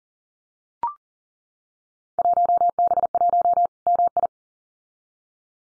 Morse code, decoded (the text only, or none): 1B1 MI